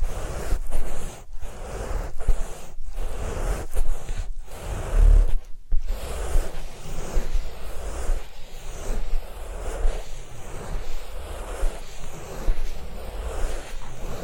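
Massage and ear-cleaning sounds: dense, scratchy rubbing and friction that fills the clip almost without letup. In the first six seconds the rubbing breaks off in short pauses about every one and a half seconds, with a low muffled thump near five seconds, then continues in steady, faintly rhythmic strokes.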